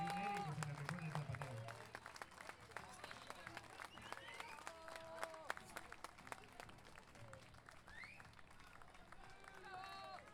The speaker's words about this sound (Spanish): Aplausos a los ….